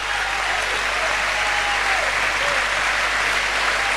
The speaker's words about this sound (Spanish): Y quiero felicitar a todo el equipo, que veo varios por ahí, que me han acompañado estos 4 años de gobierno, que realmente han puesto mucho corazón, mucho amor, mucha dedicación. Así que también un aplauso para todos ellos, por favor.